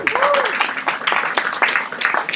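An audience applauds with steady, dense clapping that holds loud throughout, mixed with scattered cheering voices and a brief rising-and-falling whistle near the start.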